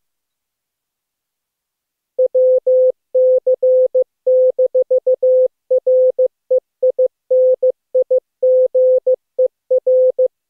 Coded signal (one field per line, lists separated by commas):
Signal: Morse code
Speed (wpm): 19 wpm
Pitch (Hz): 510 Hz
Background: none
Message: WC-REINIGER